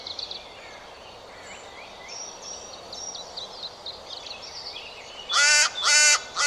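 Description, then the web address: Bird with quiet twittering at first, then loud, rasping caws near the end, the last one cut off. "Bird Only"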